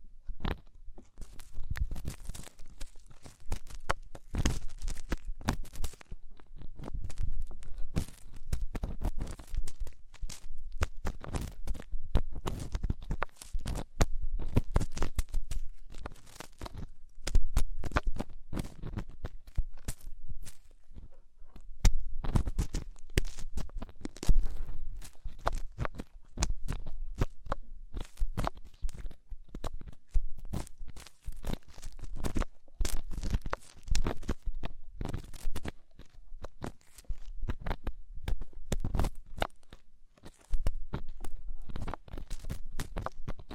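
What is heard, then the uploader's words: Deep ear cleaning fills the 44 seconds with dense, irregular scratching and crackling, a rapid stream of sharp clicks and rubs that never settles into a rhythm. A low rumbling thump sits underneath throughout, with brief lulls near 21 and 40 seconds. ASMR INTENSE Deep Ear Cleaning (No Talking).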